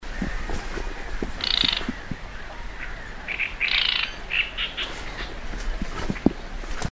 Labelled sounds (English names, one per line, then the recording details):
Great Reed Warbler call
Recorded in the wild
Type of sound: call
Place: Warsow, Kummerower See, Mecklenburg-Vorpommern, DE
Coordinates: 53.8358, 12.8492
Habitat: wetland
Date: 2013-05-23 19:25
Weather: cloudy, weak wind, 15°C
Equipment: Sound Devices 702, Sennheiser MKH 70, Rycote Windschutz
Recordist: Frommolt, Karl-Heinz
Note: Rufe eines Drosselrohrsängers